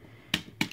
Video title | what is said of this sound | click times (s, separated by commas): Studio series 66 leader class overload | two clicks like that | 0.3 s, 0.6 s